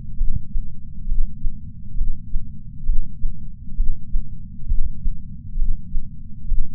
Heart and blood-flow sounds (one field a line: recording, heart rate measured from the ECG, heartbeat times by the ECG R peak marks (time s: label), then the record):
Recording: heart sounds by patch sensor on the chest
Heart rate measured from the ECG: 67 bpm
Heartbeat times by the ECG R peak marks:
0.19 s: heartbeat
1.09 s: heartbeat
1.99 s: heartbeat
2.87 s: heartbeat
3.78 s: heartbeat
4.69 s: heartbeat
5.60 s: heartbeat
6.50 s: heartbeat
From the record:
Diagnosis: coronary artery disease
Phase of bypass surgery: preoperative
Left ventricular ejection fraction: 62.1%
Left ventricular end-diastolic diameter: 45 mm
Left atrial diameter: 40 mm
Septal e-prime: 8 cm/s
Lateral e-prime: 10 cm/s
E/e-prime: 5.6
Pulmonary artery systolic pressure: 22 mmHg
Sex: male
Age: 60 years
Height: 170 cm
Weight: 67 kg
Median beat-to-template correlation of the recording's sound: 0.93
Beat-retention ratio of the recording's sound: 1.00